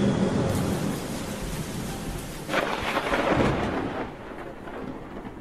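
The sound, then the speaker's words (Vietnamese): A stormy downpour of rain and wind, with deep thunder rumbling beneath the steady hiss; a brief gusty swell rises midway before the storm eases slightly toward the end. No voices. “Giữa lạnh lẽo mưa gió, mụ vợ điếng hồn khi thấy chồng nằm ngất lịm ngoài bậc cửa.”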